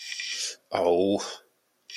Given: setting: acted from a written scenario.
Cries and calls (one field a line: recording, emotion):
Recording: vocal sound without words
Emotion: disappointment